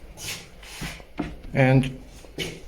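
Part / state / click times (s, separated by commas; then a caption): door hinge onto hinge mounting plate in kitchen cabinet / not seated / none. A metal cabinet door hinge is handled against its mounting plate on a wood or particleboard kitchen cabinet frame, with soft rubbing and scraping sounds and a couple of small knocks near 0.6 and 1.2 seconds. Someone talks briefly. Nothing has seated or clicked yet: the hinge is not yet home on the plate.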